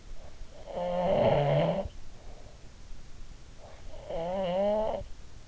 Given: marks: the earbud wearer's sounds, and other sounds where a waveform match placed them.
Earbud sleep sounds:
sounds in sleep by an in-ear microphone; snoring breath
0.04-2.71 s: snoring breath
3.49-5.44 s: snoring breath

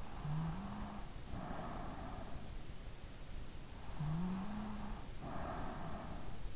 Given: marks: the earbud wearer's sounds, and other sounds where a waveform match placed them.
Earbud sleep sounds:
sounds in sleep by an in-ear microphone; snoring breath
0.24-2.30 s: snoring breath
3.90-6.37 s: snoring breath

